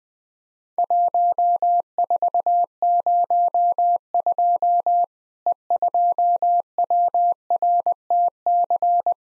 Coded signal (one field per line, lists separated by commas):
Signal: Morse code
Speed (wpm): 20 wpm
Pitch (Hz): 700 Hz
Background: none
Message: 1402 E2WRTC